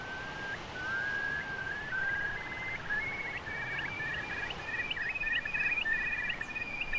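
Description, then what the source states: Eurasian curlew call, a series of whistled notes rising and bubbling into a quickening trill, over steady background noise. One of five breeding pairs on an island; the call is described as the most evocative of calls.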